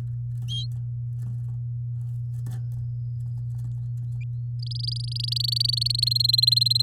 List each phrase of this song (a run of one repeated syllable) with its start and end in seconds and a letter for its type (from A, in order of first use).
4.62-5.88 A, 5.90-6.82 B